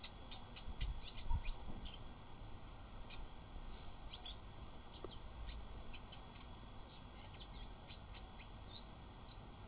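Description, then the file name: Blyth's reed warbler song, faint short notes and clicks in loose bursts over a constant low rumble. "Acrocephalus Dumetorum"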